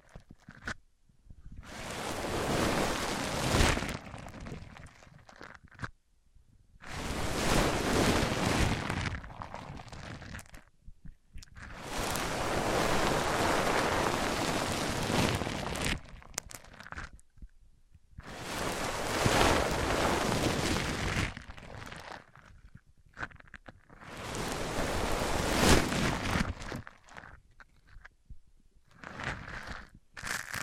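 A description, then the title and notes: A microphone is rubbed against a surface in long strokes, about five bursts of dense, coarse scraping and crinkling, each lasting a few seconds. The rubbing is full from deep to bright, separated by brief near-silent pauses. ASMR Rubbing Mics On Different Surfaces (No Talking).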